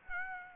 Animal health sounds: mosquito wingbeat signal from an infrared sensor; Aedes aegypti

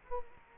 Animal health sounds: mosquito wingbeat signal from an infrared sensor; Culex quinquefasciatus

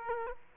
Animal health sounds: mosquito wingbeat signal from an infrared sensor; Aedes aegypti

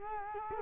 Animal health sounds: mosquito wingbeat signal from an infrared sensor; Culex quinquefasciatus

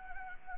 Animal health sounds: mosquito wingbeat signal from an infrared sensor; Anopheles gambiae

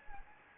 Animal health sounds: mosquito wingbeat signal from an infrared sensor; Anopheles gambiae

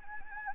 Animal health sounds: mosquito wingbeat signal from an infrared sensor; Anopheles gambiae

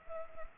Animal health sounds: mosquito wingbeat signal from an infrared sensor; Culex pipiens

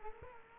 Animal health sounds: mosquito wingbeat signal from an infrared sensor; Culex quinquefasciatus

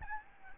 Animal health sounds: mosquito wingbeat signal from an infrared sensor; Aedes albopictus

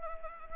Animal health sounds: mosquito wingbeat signal from an infrared sensor; Anopheles arabiensis

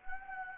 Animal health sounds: mosquito wingbeat signal from an infrared sensor; Anopheles gambiae

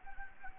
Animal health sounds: mosquito wingbeat signal from an infrared sensor; Anopheles gambiae

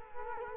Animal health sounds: mosquito wingbeat signal from an infrared sensor; Culex quinquefasciatus

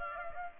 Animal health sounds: mosquito wingbeat signal from an infrared sensor; Aedes aegypti

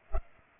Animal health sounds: mosquito wingbeat signal from an infrared sensor; Culex pipiens

